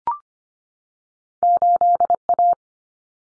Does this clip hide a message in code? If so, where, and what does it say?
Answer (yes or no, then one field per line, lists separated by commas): yes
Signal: Morse code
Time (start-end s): 1.4-2.5 s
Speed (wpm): 25 wpm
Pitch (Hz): 700 Hz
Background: none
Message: 8A